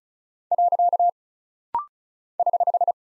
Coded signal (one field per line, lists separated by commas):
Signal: Morse code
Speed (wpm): 36 wpm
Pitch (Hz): 700 Hz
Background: none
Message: . <HH>